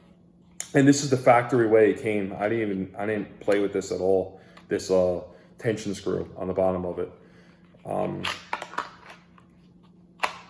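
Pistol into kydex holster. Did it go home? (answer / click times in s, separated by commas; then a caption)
yes / 8.5 s. Someone talks about the tension screw on the bottom of a kydex holster, left at its factory setting. Then a pistol is pushed into the kydex holster and snaps in with a sharp click at 8.5 s, followed by a few quick smaller clicks. The pistol is seated.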